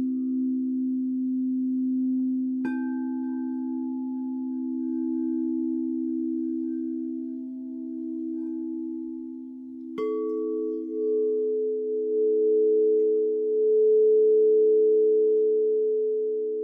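Sustained singing bowl tones for a healing sound bath, a low steady hum with a faint higher ring above it. Around 2.5 seconds and again near 10 seconds a soft strike adds a new, slightly higher tone, and the drone swells gently throughout.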